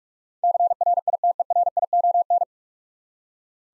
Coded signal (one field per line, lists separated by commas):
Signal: Morse code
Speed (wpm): 42 wpm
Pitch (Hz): 700 Hz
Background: none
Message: CRITERION